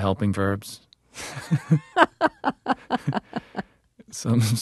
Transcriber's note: soundbite of laughter